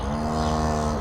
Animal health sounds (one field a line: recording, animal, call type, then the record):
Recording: contact call of a hoofed animal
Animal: cattle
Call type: low-frequency (closed-mouth) or high-frequency (open-mouth) call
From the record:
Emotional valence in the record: positive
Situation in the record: visual reunion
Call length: 1.01 s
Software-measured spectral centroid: 2130 Hz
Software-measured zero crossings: 1470 a second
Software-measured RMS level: -24 dBFS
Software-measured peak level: -10 dBFS